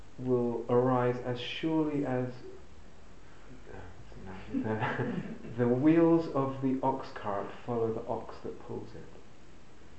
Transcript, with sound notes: will arise as surely as... what's the analogy? [laughs] The wheels of the ox-cart follow the ox that pulls it.